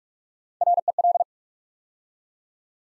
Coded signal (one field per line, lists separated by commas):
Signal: Morse code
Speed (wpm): 44 wpm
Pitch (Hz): 700 Hz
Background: none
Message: REL